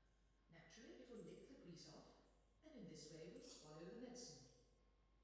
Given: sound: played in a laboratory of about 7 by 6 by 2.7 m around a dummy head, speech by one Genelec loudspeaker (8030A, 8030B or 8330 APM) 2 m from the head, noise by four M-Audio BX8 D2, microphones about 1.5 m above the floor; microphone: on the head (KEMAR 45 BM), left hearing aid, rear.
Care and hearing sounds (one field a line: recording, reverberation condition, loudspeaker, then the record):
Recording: female speech in English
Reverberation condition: high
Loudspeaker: 30 degrees to the right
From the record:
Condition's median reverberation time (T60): about 1300 ms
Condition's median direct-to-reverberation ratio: about -4.0 dB